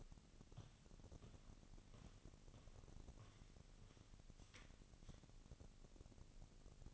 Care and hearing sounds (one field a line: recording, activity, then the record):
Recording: daily activity, microphone in the room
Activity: walk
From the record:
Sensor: 4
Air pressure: 1013.0 hPa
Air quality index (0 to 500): 173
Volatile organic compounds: 2 ppm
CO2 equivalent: 1097 ppm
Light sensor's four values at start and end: 71/176/75/80 and 72/177/75/80